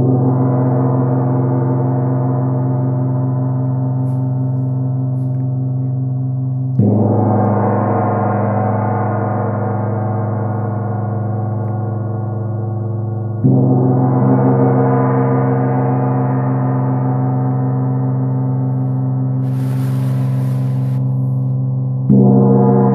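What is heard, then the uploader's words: A gong is struck four times, at roughly seven-second intervals, each stroke blooming into a deep, shimmering roar that slowly decays. The tone is dense and low with a bright wash above, and a brief hissy noise appears near the twentieth second. Healing with Gong. Julie Jewels Smoot, a skilled sound alchemist, expertly plays the gong to create a harmonious and soothing atmosphere.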